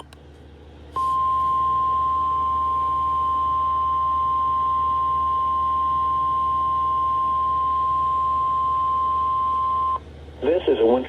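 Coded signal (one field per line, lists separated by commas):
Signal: Emergency Alert System (SAME) tones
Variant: 1050 Hz attention tone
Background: speech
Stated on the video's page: Winter Storm Watches sent with a triple SAME header.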